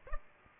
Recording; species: mosquito wingbeat signal from an infrared sensor; Culex pipiens